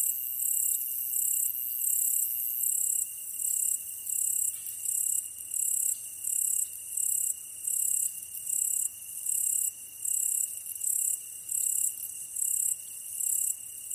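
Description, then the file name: Yama-yabukiri katydid song: high, hissing buzzy bursts about half a second long, repeated steadily roughly every three-quarters of a second, with a faint steady tone beneath. Recorded 15 August 2010 at 22:43. "yamayabukiri-20100815-2243"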